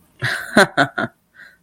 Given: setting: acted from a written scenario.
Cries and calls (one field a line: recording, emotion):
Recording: vocal sound without words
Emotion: amusement